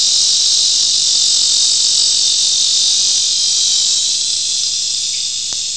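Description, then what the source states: Lyric cicada song: a continuous high-pitched buzz that stays steady, then eases slightly in volume near the end, with a faint click shortly before the close. Recorded in Michigan.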